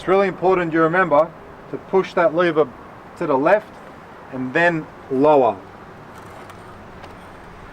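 A hinged radiator on a skid steer is lowered toward its lock position after its release lever is pushed to the left, while someone talks over a steady low background hum. Nothing has seated or clicked yet in this stretch; the radiator is only being lowered before locking.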